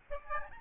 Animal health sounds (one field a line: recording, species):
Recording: mosquito wingbeat signal from an infrared sensor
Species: Aedes albopictus